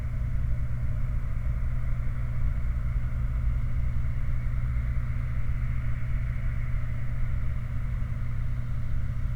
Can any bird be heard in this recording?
no